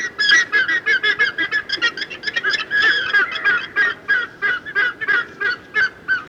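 Bird calling in a rapid series of harsh, clucking notes, steady throughout with short gaps between notes.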